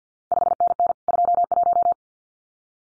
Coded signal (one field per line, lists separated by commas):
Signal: Morse code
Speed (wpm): 50 wpm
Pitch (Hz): 700 Hz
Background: none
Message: 5NN 21